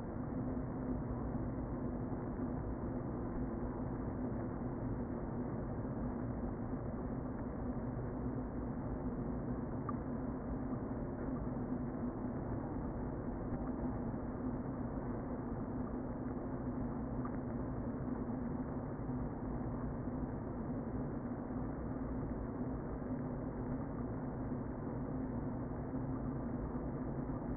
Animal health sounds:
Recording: honeybee colony, microphone inside the hive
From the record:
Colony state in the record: queen present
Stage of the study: before two queens were removed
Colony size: about 60,000 bees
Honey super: yes

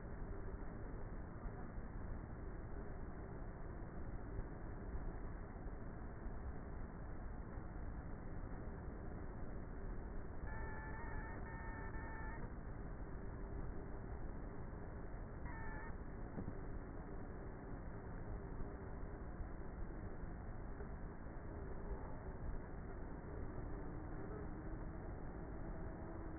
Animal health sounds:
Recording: honeybee colony, microphone inside the hive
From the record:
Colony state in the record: queenless with a low population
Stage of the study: before two queens were removed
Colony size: about 30,000 bees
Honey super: no

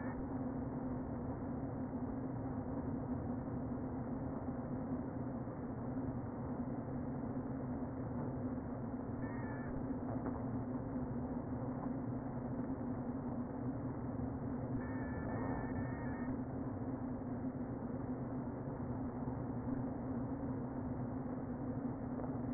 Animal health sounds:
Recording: honeybee colony, microphone inside the hive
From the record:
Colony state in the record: queen present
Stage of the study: before two queens were removed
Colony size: about 60,000 bees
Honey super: yes

